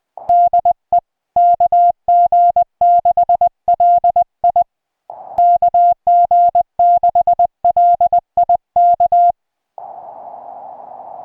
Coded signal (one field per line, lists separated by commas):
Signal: Morse code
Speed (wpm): 20 wpm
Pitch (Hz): 700 Hz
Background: music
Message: DE KG6LI KG6LI K